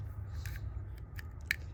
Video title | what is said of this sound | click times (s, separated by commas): Baby Browning .25 ACP Review: Outdated But Still Cool! | But to field strip these, you push up on the safety lever until it clicks in. | 1.5 s